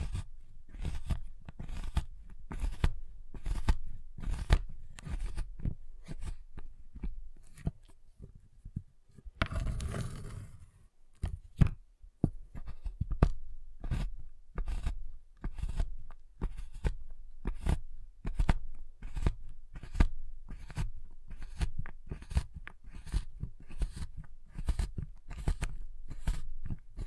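A giant chocolate bar is tapped and cut in a fast, regular stream of sharp, crisp clicks, roughly two or three per second, each with a dull low knock. Around ten seconds a brief rough crunching burst, like a snap, interrupts before the steady tapping resumes.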